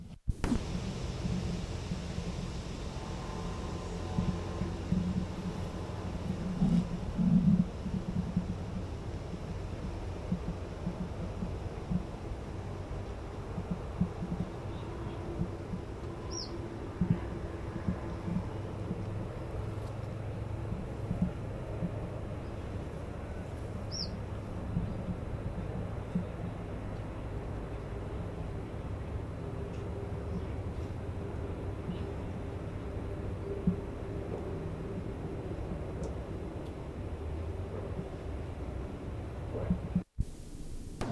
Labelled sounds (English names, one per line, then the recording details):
Common Chiffchaff call
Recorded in captivity
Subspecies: collybita
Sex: diverse
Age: adult
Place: Zoologisches Institut Universität Tübingen, Baden-Württemberg, DE
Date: 1964-09-18 13:30
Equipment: Nagra III PH, Parabolspiegel, LGS26
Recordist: Schneider, Hans-Joachim